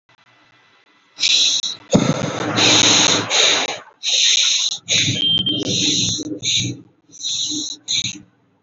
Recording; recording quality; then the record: shallow breathing; excellent, no background noise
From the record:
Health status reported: healthy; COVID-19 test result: not tested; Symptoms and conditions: none ticked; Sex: male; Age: 41 years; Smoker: not ticked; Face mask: not worn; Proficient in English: yes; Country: India